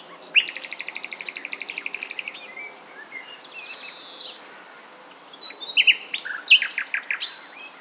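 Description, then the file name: Common nightingale song: a fast, even run of repeated notes for two seconds, then varied buzzy and whistled phrases with sharp loud accents. "Luscinia megarhynchos"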